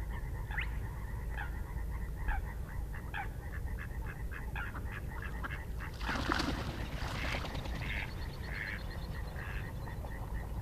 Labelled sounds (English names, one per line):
Spotted Crake